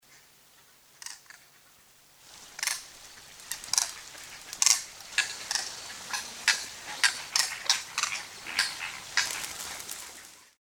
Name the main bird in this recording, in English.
Demoiselle Crane